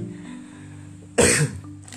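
One brief, harsh cough from an adult who currently has a cough, over a faint steady room hum.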